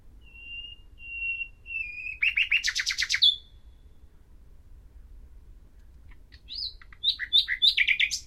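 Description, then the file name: Common nightingale song opening with soft, drawn-out piping whistles, swelling into a loud rapid chatter; after a pause, a jumbled phrase of sharp varied notes. "Luscinia megarhynchos"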